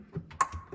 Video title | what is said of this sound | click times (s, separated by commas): Water at the bottom of fridge - No problem. Diagnose and fix in under 10 mins | we just push it up until it locks into place. | 0.4 s